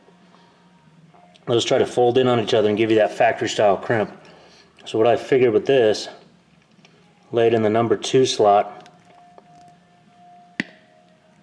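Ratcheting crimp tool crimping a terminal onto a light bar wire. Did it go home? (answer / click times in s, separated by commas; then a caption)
yes / 10.6 s. A terminal for a light bar wire is laid in the number two slot of a ratcheting crimp tool and squeezed until the tool clicks at the end of its stroke, folding the terminal tabs in on each other for a factory-style crimp. Someone talks over a low steady hum, then after a pause a single sharp click sounds at 10.6 s as the crimp completes.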